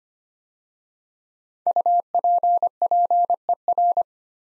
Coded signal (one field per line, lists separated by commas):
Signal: Morse code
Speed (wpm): 25 wpm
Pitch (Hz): 700 Hz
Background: none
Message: UPPER